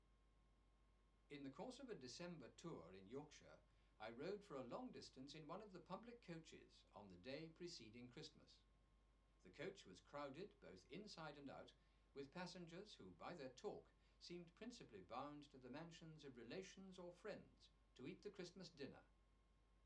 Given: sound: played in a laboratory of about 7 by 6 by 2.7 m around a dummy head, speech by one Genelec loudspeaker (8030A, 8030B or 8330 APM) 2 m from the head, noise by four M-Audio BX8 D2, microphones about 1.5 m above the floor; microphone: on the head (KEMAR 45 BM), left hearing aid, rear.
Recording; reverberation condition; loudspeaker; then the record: male speech in English; low; 150 degrees to the left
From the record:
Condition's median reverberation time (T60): about 310 ms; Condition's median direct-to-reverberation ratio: about 3.5 dB